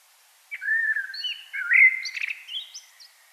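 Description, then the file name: Common blackbird song: a low, mellow fluted warble sliding up and down, ending in a brief squeaky high twitter. "Turdus merula"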